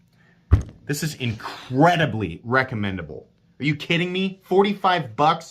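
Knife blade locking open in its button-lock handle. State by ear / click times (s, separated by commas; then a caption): seated / 0.5 s. A Sencut Sachse button-lock folding knife, a $45 budget knife running on bearings, is flicked open and its blade locks open in the handle with a sharp metal click at 0.5 s. Two faint ticks follow right after, then someone talks.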